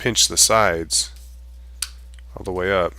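Someone talks while the display assembly of an iPhone 5 has its clips tucked under the phone frame and its sides slowly pinched closed along the way up. A sharp snap is heard at 1.8 s as the display clips seat into the frame.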